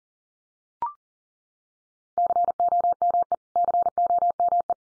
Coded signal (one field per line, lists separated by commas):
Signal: Morse code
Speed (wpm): 40 wpm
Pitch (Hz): 700 Hz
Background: none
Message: COME COME